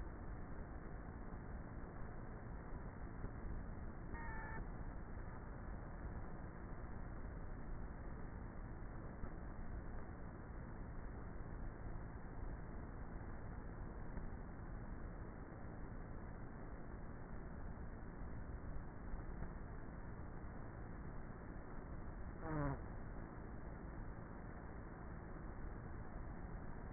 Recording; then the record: honeybee colony, microphone inside the hive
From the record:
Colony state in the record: queenless with a low population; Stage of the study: before two queens were removed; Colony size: about 30,000 bees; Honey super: no